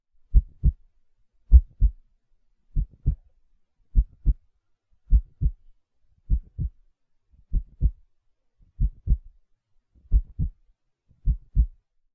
Heart Beating.